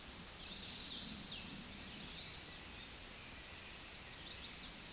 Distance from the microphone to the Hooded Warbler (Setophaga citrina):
about 55 m